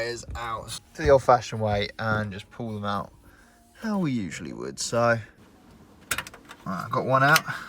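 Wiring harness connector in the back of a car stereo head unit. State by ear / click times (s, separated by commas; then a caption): released / 6.1 s. Someone talks while pulling an old head unit's plastic wiring-harness connector out of the back of the car stereo by hand, during an Apple CarPlay retrofit in an Audi TTS MK2. A sharp hit at 6.1 s, followed by a few quieter ticks, marks the connector coming free, and the talking resumes right after. The connector is released.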